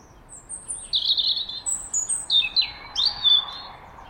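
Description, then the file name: European robin song: a thin, high warbling phrase of sliding and trilled notes, some very high squeaks mixed in, ending after about three and a half seconds with quiet background hiss. "Erithacus rubecula"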